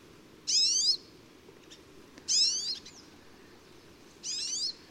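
Pine Siskin calls: three short notes about two seconds apart over low background noise.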